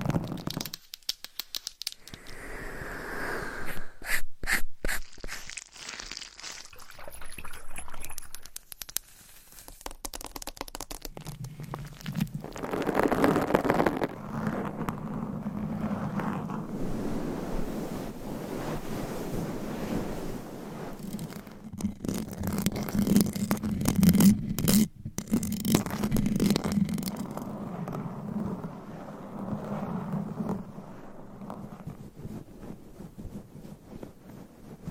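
Triggers change every few seconds, opening with rubbing and then a run of quick, sharp taps in the first ten seconds. After that comes a long, dense stretch of scratching and rubbing over a steady low drone, with a burst of louder scraping around the middle.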